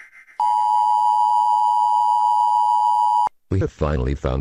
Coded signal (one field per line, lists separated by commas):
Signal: Emergency Alert System (SAME) tones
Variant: 853 and 960 Hz attention tone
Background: speech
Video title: EAS Scenario - Jennifer Renzetti has been Kidnapped (VHS Version)